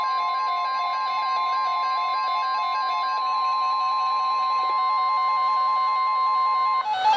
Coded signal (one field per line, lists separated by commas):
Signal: Emergency Alert System (SAME) tones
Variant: 1050 Hz attention tone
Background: music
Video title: EAS #671-#696: Build a Boat? | KHB36, WNG736, & KEC83